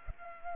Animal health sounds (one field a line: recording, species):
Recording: mosquito wingbeat signal from an infrared sensor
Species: Culex pipiens